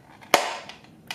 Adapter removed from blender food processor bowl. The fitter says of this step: hear that loud snap and think you broke something but you haven't